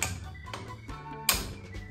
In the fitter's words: You hear the click. It means it's locked into place.